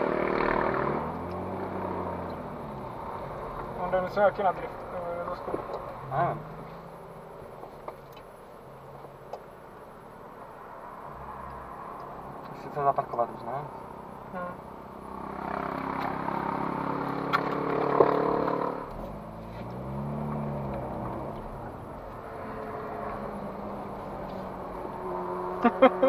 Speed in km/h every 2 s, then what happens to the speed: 0, 0, 6, 0, 0, 0, 0, 0, 0, 0, 0, 11, 9.
0-3 standing. 4-6 slows to 0. 6-20 standing. 20-26 pulls away to 9.